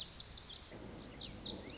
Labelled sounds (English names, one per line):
Lazuli Bunting